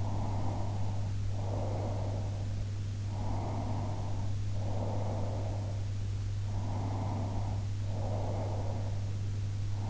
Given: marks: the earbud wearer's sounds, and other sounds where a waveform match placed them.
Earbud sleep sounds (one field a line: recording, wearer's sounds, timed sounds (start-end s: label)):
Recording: sounds in sleep by an in-ear microphone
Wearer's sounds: breath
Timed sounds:
0.00-2.58 s: breath
3.17-5.84 s: breath
6.55-9.18 s: breath